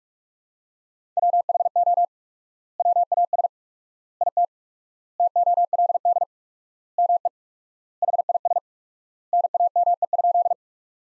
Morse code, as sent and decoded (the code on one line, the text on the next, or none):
.-- .... --- / .-- .- ... / .. - / - --- .-.. -.. / -- . / .... .. ... / -. .- -- . ..--..
WHO WAS IT TOLD ME HIS NAME?